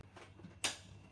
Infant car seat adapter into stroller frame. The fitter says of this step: αφού κουμπώσουν